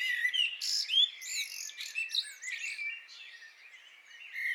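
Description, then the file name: Common blackbird singing, a busy run of warbled whistles mixed with high squeaky twitters, dense and overlapping throughout. "Turdus merula"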